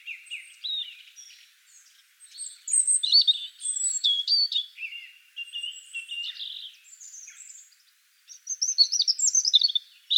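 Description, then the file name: European robin singing a rich, varied warble of high whistles and quick trills, phrases separated by brief pauses, ending in a bright run of rapid notes. "Erithacus rubecula"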